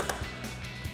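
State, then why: Seated. A new Diode Dynamics LED front side marker light for a 2016-2024 Camaro is plugged in and pushed back into its front bumper opening until its retaining clips lock. A single sharp snap at 0.1 s shows the light seated, over a low steady background hum.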